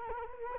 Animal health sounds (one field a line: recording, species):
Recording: mosquito wingbeat signal from an infrared sensor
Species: Culex quinquefasciatus